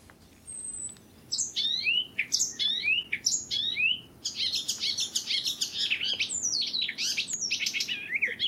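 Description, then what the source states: Icterine warbler song, a fast varied stream of high whistles, sharp descending slurs and harsh chattering notes, phrases repeated in quick succession. Back in the Netherlands; migrates every year from southern Africa to breed and raise young; little is known about its migration route.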